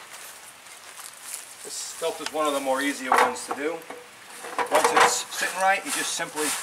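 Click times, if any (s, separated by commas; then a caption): none. The plastic top of a pool filter is set back on and lined up on the filter tank before it is screwed down and locked. A short, sharp handling sound comes at about 1.1 s, then someone talks from about 2 s over faint background noise. Nothing has seated or clicked yet.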